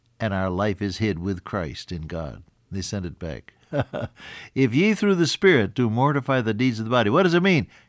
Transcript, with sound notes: and our life is hid with Christ in God.” They sent it back. (Laughs) “If ye through the Spirit do mortify the deeds of the body,” what does that mean?